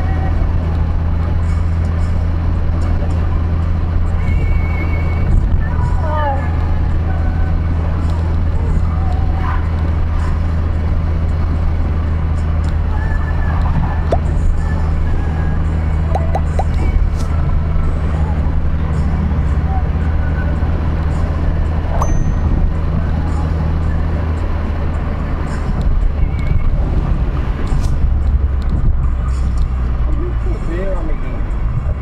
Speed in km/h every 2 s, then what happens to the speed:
94, 94, 93, 93, 93, 91, 91, 90, 90, 90, 91, 90, 88, 79, 68, 63.
0-23 steady at about 91. 23-32 slows to 63.